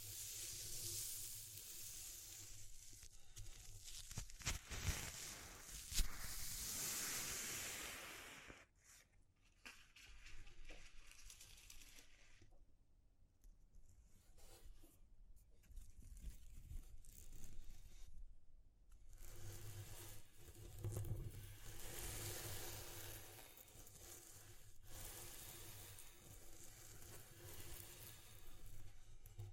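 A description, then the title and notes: A textured hiss like running water or rubbing fills the first eight seconds, with a sharp knock near six seconds. It then thins to sparse scrapes and soft rustling before the dense rushing sound swells back around nineteen seconds and holds steady. ASMR Exploring Textures (No Talking).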